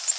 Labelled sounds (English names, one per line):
Orange-crowned Warbler flight call